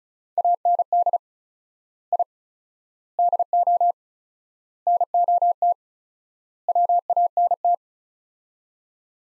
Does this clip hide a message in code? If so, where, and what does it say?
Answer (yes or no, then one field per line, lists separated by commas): yes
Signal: Morse code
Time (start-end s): 0.4-7.7 s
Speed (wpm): 34 wpm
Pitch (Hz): 700 Hz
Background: none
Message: AND I DO NOT WANT